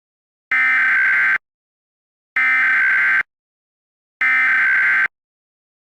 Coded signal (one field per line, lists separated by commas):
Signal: Emergency Alert System (SAME) tones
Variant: header bursts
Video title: @Dish500_Guy18 hacks the EAS (but on the EASyCAP)